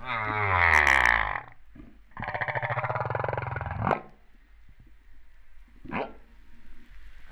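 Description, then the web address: Humpback whale song: a rich harmonic cry, then a long throbbing buzzy moan ending in an upsweep, followed by a brief rising chirp. Recorded off Réunion on 13 September 2011, about 08:35. "autres sons cetaces BB Reunion 13-09-2011"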